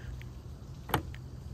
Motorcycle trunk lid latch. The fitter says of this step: There it goes. Did you hear it? You heard it click.